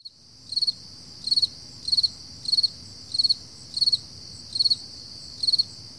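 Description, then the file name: Cricket chirping: high, pulsed chirps of three or four quick notes, repeated steadily about every two-thirds of a second over a faint low background hum. Early morning at 4 AM, summer, July 2012. "freesound Early Morning Summer Crickets 4 AMJuly 2012"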